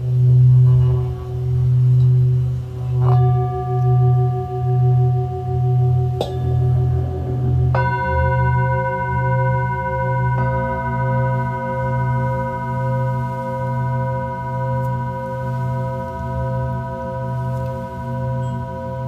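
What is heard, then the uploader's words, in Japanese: Tibetan singing bowls ring in layered, sustained tones, with a deep hum that pulses and wavers steadily throughout. New bowls are struck at about 3, 6, 8 and 10 seconds, each adding a bright ringing note that lingers and overlaps the others. 深夜のシンギングボウルのサウンドヒーリング。チベタンシンギングボウル。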